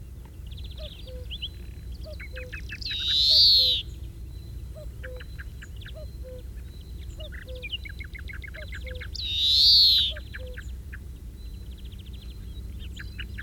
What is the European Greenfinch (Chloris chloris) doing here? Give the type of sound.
song